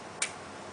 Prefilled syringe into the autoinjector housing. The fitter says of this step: You just push until you hear it click.